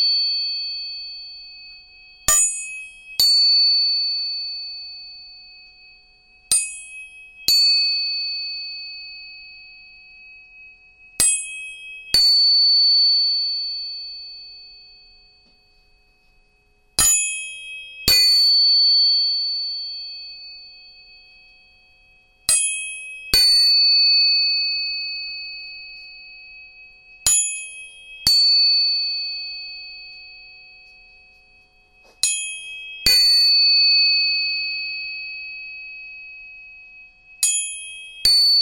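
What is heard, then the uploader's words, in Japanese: Three tuning forks are struck one after another, each strike a sharp metallic tap followed by a long, pure ringing tone that slowly fades. The strikes come in pairs every five seconds or so, with high bright tones over a quiet background. 音叉チューニング3本。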